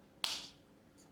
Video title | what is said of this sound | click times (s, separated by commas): Oakley Flak 2.0 XL OO9188 Lenses Replacement Tutorial - How to Install New Lenses | and you should hear a click. | 0.2 s